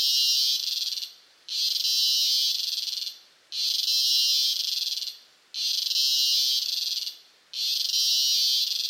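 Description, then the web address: Cicada buzzing in loud, harsh high-pitched bursts lasting about one and a half seconds, each followed by a short pause, repeating steadily roughly every two seconds. Close-up, Costa Rica. "Big Room Sound Insect Ciccada CU Costa Rica"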